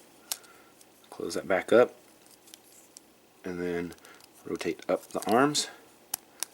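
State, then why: Seated. Someone talks while rotating the plastic arms of a transforming robot toy figure up toward the torso, and small plastic ticks and taps are heard between the words. Two sharp plastic clicks at 6.1 s and 6.4 s mark the arm joints locking into place.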